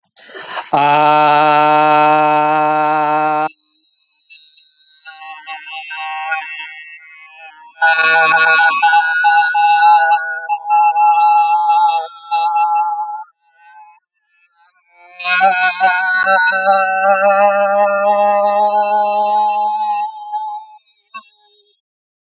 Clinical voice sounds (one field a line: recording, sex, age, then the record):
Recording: vowel held as long as possible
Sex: male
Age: 20 to 29 years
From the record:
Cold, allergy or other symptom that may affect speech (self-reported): no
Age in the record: 24 years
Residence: California, United States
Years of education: 16